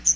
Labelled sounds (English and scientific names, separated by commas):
Chestnut-sided Warbler (Setophaga pensylvanica) flight call